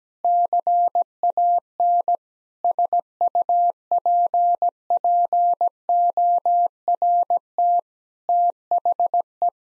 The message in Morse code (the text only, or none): CAN SUPPORT THE